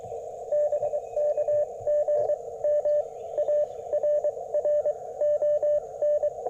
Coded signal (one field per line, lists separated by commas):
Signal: Morse code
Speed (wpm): 22 wpm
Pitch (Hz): 590 Hz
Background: radio noise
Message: BK GM ARRON